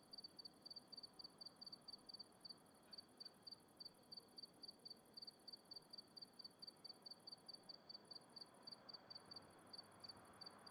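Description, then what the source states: Cricket chirping in quick, short high pulses over a soft hiss. At night in the countryside.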